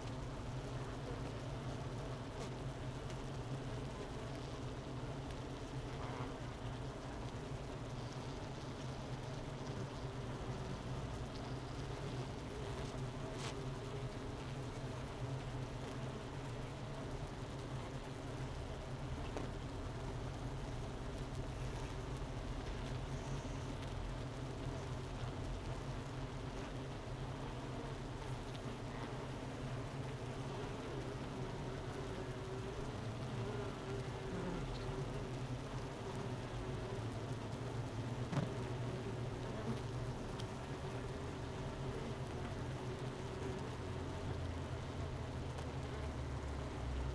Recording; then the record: honeybee colony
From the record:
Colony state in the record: missing queen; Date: 31 May 2018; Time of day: 11:35